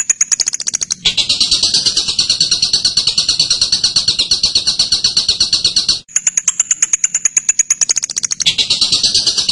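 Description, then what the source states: Bird delivering high sharp ticks, then a sustained grating trill, then another bright ticking run flowing back into the rasping chatter. Birdsong used to train birds.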